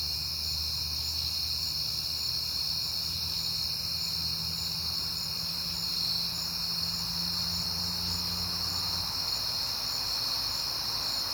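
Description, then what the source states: Crickets chirp continuously in a high chorus while a low engine-like hum drones for about nine seconds, then fades away. Crickets at night in September on a peaceful night, with cars passing by.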